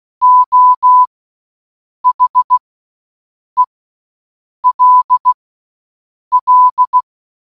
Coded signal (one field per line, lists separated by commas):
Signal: Morse code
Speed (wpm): 16 wpm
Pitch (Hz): 1000 Hz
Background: none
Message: O HELL